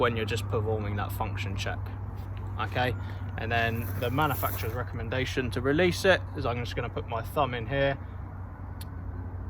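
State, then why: Released. A thumb is put into a Petzl ASAP mobile fall arrester on a safety rope, tension is applied and the device is moved slightly up while someone talks. The locking cam releases with a small click at 8.8 s, unlocking the fall arrester.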